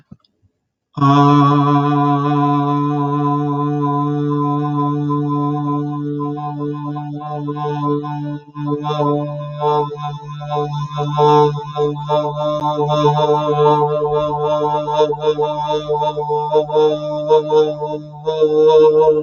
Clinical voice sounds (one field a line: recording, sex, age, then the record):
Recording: vowel held as long as possible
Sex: male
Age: 30 to 39 years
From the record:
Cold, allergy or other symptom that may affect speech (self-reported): no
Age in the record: 32 years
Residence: Kansas, United States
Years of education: 16